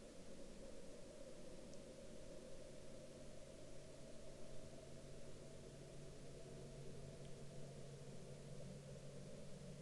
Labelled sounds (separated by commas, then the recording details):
aircraft
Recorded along the Dempster Highway, Canada, on 12 May 2019 at 21:14
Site 21